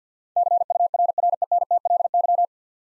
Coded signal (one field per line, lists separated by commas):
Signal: Morse code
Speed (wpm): 50 wpm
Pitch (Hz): 700 Hz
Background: none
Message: CURRENTLY